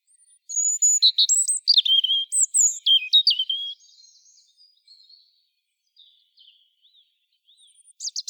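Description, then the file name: European robin song, a long varied phrase of high sweet whistles, jumps and short trills, followed by soft faint notes and a new phrase starting at the end. "Erithacus rubecula"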